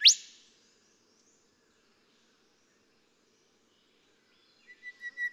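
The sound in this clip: Golden whistler song: a loud, sharp upswept whip note at the start, long silence, then a few quick rising whistled notes building toward the end.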